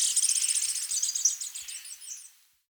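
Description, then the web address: Rufous-naped brush finch song: a fast, dense series of high chevron-shaped notes that slows slightly and fades out near the end. Andean bird of South America. "Natures Songs S America Andean Birds. Rufous-Naped Brush-Finch (Atlapetes Rufinucha)"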